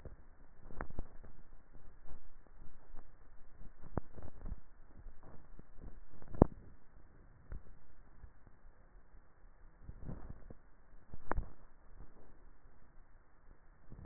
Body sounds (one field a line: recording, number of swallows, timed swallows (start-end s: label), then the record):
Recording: swallowing sounds by neck microphone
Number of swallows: 2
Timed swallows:
4.35-5.22 s: swallow
11.25-12.05 s: swallow
From the record:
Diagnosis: dysphagia